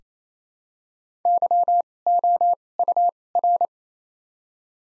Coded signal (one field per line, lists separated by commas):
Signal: Morse code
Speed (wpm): 28 wpm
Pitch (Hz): 700 Hz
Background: none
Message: Y O U R